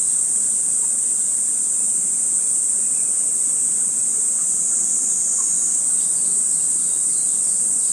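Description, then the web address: Kaempfer's cicada song, a continuous shrill buzzing drone that holds level without pauses for the whole stretch, with only faint low background noise. Recording carries the date code 140716. "birdenaga niiniizemi 140716"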